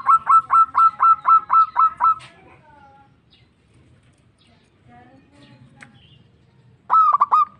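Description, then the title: Zebra dove cooing in a rapid series of about nine even notes, then a quiet gap with faint chirps, before another burst of notes begins near the end. Local-type zebra dove (perkutut lokal). "Kicau Perkutut Lokal"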